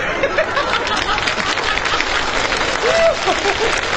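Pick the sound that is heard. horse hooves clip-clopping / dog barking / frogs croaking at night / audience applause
audience applause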